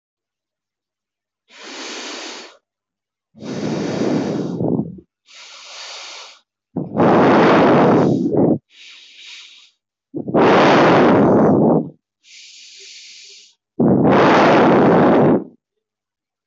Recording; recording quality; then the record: deep breathing; excellent, no background noise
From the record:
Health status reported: healthy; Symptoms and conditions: none ticked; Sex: male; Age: 19 years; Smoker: not ticked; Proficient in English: yes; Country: India